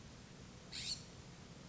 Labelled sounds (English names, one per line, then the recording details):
California Scrub-Jay
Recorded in Sonoma County, California